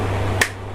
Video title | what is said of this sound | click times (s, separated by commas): Doterra Philippines How to Use the Pilot Diffuser - | Pansin nyo, pag tumunog na, | 0.4 s